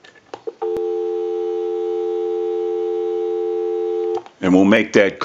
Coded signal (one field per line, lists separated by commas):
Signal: telephone call progress tone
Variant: North America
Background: speech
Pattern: dial tone